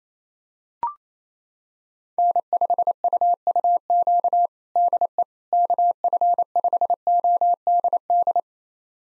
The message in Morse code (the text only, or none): N5UUQ DE KF5ODD